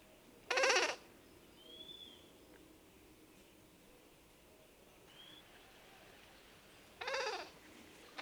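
Bay-breasted Cuckoo giving two harsh, bleating, goat-like calls several seconds apart, with faint thin whistles between them and a third call starting at the very end.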